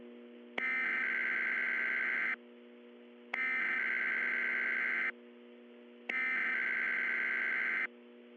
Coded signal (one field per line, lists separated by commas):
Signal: Emergency Alert System (SAME) tones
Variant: header bursts